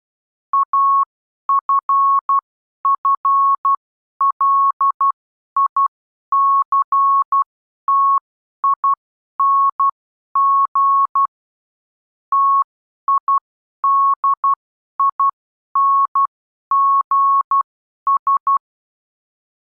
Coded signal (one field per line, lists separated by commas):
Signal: Morse code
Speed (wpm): 12 wpm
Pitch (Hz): 1100 Hz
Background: none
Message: AFFLICTING TIDINGS